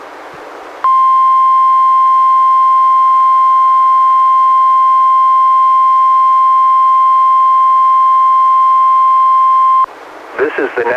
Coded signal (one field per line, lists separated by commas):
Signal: Emergency Alert System (SAME) tones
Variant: 1050 Hz attention tone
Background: speech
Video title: EAS #209-214: 6 NWR Required Weekly Tests- Nov. 15-Dec. 20, 2017